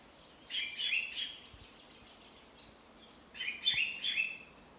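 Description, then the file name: Common chaffinch producing two bursts of quick, sharp chirping notes separated by a short pause, over a low, even background hiss. "Fringilla coelebs"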